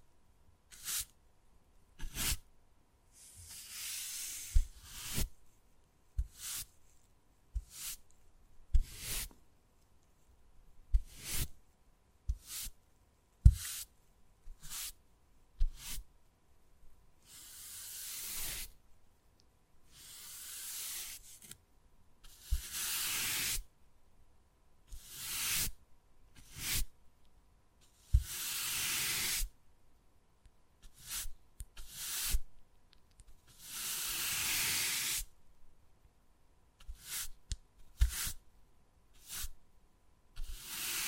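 Wood carving with sharp, irregular taps and clicks, broken by bright scraping and scratching strokes lasting a second or two, between brief silences.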